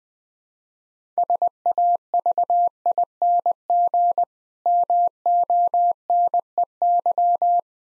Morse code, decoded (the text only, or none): SAVING MONEY